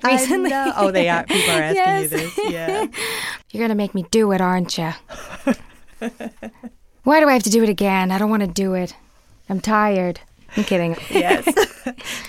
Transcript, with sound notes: I know. Oh, they are? People are asking you this?
Yes (laughter).
Yeah.
(Impersonating Jennifer Coolidge) You're going to make me do it, aren't you?
(Laughter).
(Impersonating Jennifer Coolidge) Why do I have to do it again? I don't want to do it. I'm tired.
I'm kidding.